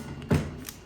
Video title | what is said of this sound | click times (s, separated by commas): HTVRont Auto Press LAUNCH: Sublimate on Gift Boxes! | feel it click, and let her rip. | 0.7 s